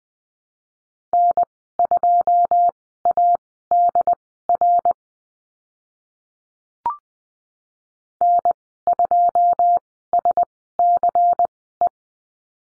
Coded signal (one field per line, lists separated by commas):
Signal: Morse code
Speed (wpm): 20 wpm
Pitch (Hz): 700 Hz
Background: none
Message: N2ADR N2SCE